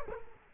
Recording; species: mosquito wingbeat signal from an infrared sensor; Culex quinquefasciatus